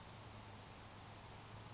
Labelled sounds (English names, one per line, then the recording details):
Grasshopper Sparrow
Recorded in Sonoma County, California